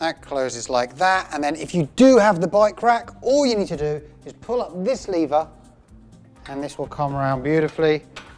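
Someone talks about the rear bike rack swing-away arm on a van, pulling up its lever so the arm can swing around. The clip ends before the latch closes; nothing has seated or clicked yet.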